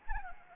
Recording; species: mosquito wingbeat signal from an infrared sensor; Anopheles gambiae